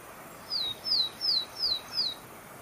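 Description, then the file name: Willow tit giving one evenly spaced series of five high, pure, descending whistles, each slurring downward, over a quiet hiss. Recorded at Mittelneufnach on 17 March 2013. "Weidenmeise Mittelneufnach"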